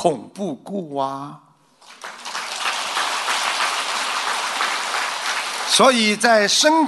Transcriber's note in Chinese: 掌声